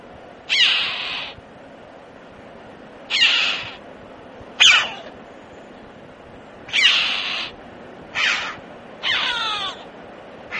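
Red-billed chough giving a series of harsh, high ringing calls, seven in about ten seconds, irregularly spaced, one near the end with clear falling sweeps.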